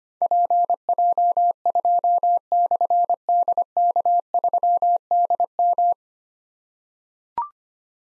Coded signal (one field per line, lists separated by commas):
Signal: Morse code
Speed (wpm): 25 wpm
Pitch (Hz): 700 Hz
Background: none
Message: PJ2/DK3DM